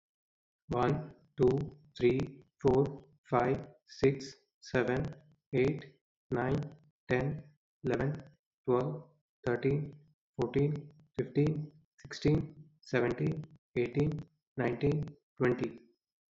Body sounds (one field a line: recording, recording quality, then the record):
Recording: counting at a normal pace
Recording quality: moderate, slight background noise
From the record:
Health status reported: respiratory illness, not identified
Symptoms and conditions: asthma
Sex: male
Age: 27 years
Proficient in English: yes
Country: India